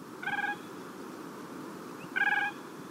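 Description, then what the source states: Siberian crane calls: two soft, musical fluting notes nearly two seconds apart, the second louder, over low background rumble. Calls given in flight by a group of three cranes on the Siberian tundra, sounding as though the birds are talking to each other.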